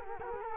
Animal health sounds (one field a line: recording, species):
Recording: mosquito wingbeat signal from an infrared sensor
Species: Culex quinquefasciatus